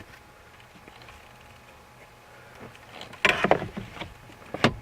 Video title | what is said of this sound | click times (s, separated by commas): Chevy Impala only blows cold air on driver side, blend door actuator location and fix | Here, snap into place. Got 4 snaps. | 3.0 s, 3.2 s, 3.5 s, 4.6 s